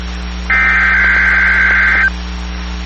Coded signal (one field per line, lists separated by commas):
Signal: Emergency Alert System (SAME) tones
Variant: header bursts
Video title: EAS #118 Required Weekly Test For KWN34 On NWR